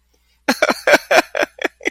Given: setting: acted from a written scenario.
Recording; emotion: vocal sound without words; amusement